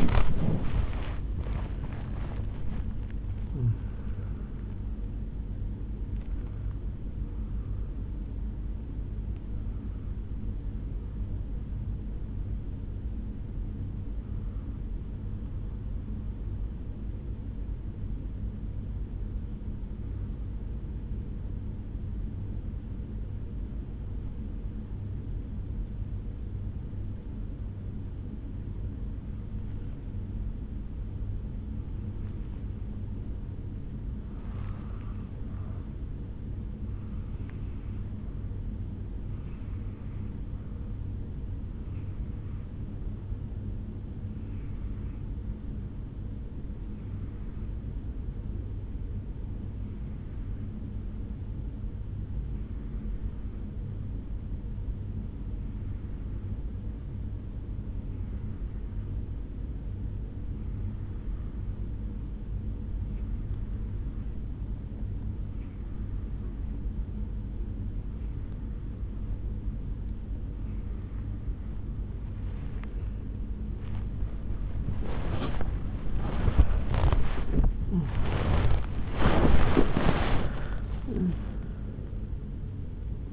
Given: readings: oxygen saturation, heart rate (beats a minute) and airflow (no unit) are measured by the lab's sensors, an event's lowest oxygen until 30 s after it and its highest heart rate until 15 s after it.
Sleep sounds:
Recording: breathing in sleep by a smartphone at the bedside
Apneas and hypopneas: 2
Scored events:
0.00-22.00 s: awake
19.00-49.00 s: new sleep stage, N1 (lightest sleep)
22.00-35.30 s: obstructive apnea (N1, oxygen 98% highest, then 91% lowest, heart rate 61 at the start, 73 highest)
41.00-72.80 s: hypopnea (N1, oxygen 96% highest, then 86% lowest, heart rate 73 at the start, 82 highest)
49.00-79.00 s: new sleep stage, N2 (light sleep)
79.00-83.33 s: new sleep stage, N1 (lightest sleep)
From the record:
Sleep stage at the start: awake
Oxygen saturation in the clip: 88 to 98%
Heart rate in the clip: 61 to 82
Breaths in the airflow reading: 13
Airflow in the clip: -9.8 to 8.6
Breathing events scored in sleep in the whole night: 449 in 7.0 hours asleep

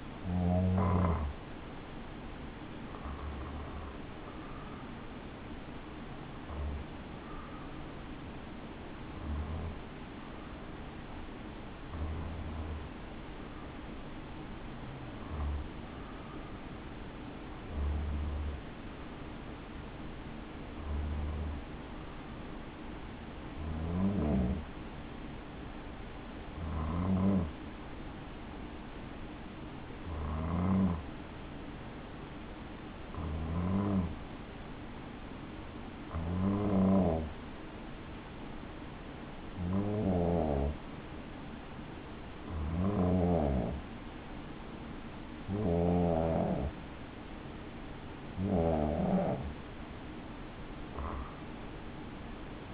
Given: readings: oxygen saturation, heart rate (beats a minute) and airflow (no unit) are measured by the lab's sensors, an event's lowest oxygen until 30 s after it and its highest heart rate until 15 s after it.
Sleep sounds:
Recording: breathing in sleep by a voice recorder at the bedside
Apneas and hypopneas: 1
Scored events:
29.00-48.00 s: hypopnea (N2, oxygen 95% highest, then 91% lowest, heart rate 60 at the start, 75 highest)
41.00-52.74 s: new sleep stage, N1 (lightest sleep)
From the record:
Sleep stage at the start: N2 (light sleep)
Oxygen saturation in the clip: 92 to 95%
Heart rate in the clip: 59 to 64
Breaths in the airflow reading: 17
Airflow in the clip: -5.1 to 7.1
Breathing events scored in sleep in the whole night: 216 in 7.0 hours asleep

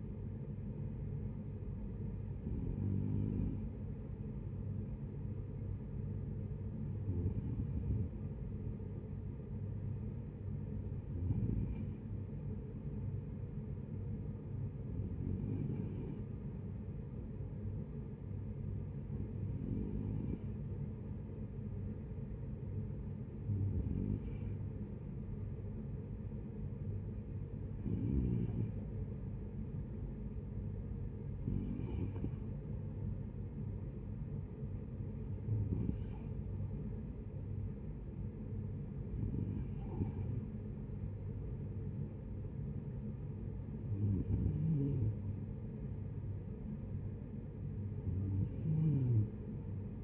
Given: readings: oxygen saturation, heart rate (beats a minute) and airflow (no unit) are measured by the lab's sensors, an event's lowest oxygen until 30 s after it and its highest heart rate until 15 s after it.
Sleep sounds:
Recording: breathing in sleep by a smartphone at the bedside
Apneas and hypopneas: none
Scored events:
26.00-50.04 s: new sleep stage, N2 (light sleep)
From the record:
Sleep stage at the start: N1 (lightest sleep)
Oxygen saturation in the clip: 92 to 94%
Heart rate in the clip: 67 to 74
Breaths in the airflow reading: 12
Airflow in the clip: -8.6 to 8.1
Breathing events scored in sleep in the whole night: 496 in 5.4 hours asleep

